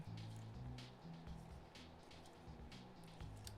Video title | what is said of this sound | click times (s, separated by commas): JOBBY BUILDS the LEGS of WarGreymon Amplified Digimon Model Kit | that ball joint just popped off but at least it didn't snap off | 3.5 s